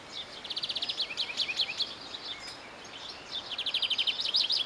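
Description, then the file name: European greenfinch uttering fast, high chattering trills, a long run at the start, a brief pause, then another quick twittering series building toward the end. "Chloris chloris"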